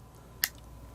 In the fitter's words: it actually Clicks in place